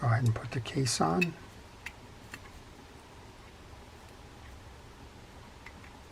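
Someone talks, then the plastic/metal side case of a Shimano Symetre 2500 FJ spinning reel is handled against the reel body during reassembly, with faint ticks at about 1.9, 2.3 and 5.7 seconds over quiet background. Nothing has seated or clicked yet.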